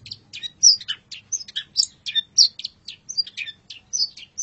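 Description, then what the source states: Long-tailed shrike song, a rapid run of sharp high chirps and short whistled slurs, busy and irregular throughout. Masteran (tutor) song recording of the long-tailed shrike, known locally as cendet.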